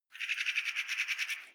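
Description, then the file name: Magpie chattering call, a harsh, rapid rattle of many dry notes lasting about a second and a half. "magpie clamore"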